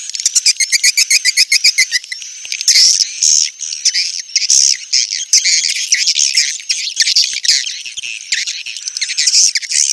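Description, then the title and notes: Swiftlet chirps open as a fast, evenly pulsed series of high notes, then blend into busy, dense twittering. Call used for swiftlet farming in Asia. "Swiflet Bird Sound. Farming Swiflet Bird asia sound"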